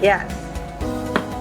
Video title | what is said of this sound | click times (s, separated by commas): Repainting Series Episode 2 Clip :Gel Medium Mixing, Palette Problems, How to Store Your Paint | Okay, those little clicks tell you that the palette is sealed this time. | 1.2 s